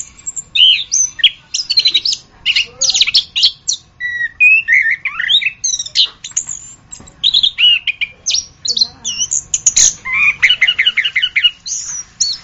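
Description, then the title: Orange-headed thrush singing a long, fast, varied medley of whistles, trills and scratchy notes, phrases following one another almost without break. "anis kembang"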